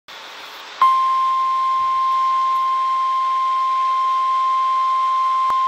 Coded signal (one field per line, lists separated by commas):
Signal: Emergency Alert System (SAME) tones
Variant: 1050 Hz attention tone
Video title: Severe Thunderstorm Warning on WXL62 (EAS #204)